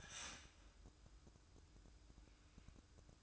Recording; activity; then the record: daily activity, microphone in the room; start toaster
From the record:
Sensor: 2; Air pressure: 1007.1 hPa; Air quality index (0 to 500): 41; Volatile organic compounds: 1 ppm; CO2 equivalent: 543 ppm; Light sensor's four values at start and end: 6/14/6/6 and 6/14/6/6